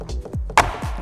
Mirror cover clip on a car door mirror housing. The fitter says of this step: gently push until you hear it make that horrific noise, and then just go round.